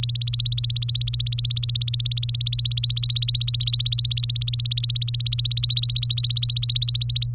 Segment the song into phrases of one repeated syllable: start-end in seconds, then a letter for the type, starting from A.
0.00-7.26 A